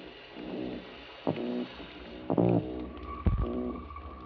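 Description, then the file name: Mulloway croaking calls: a few short, low, harmonic-rich grunting bursts with sharp knocking onsets, spaced irregularly over a steady low rumbling background. "Parsons M-2013 Argyrosomus-japonicus"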